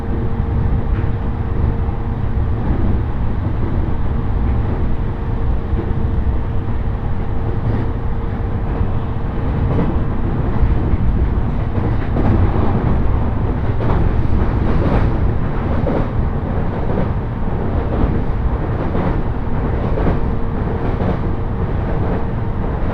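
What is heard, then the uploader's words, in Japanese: A train ride on the Tohoku Main Line between Kuroiso and Shin-Shirakawa: a steady, dense rumble fills the low end throughout, with a faint constant hum above it. From around eight seconds on, brief clacks and rattles break in every second or so. 鉄道旅 東北本線 黒磯→新白河。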